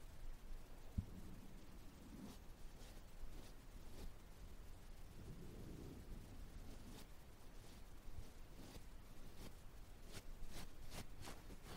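Ear cleaning and massage, heard as continuous soft rubbing with low muffled rumbles that swell and fade, strongest around the first, third and sixth seconds. Sharp bright scratches and clicks break through irregularly, growing more frequent after the seventh second.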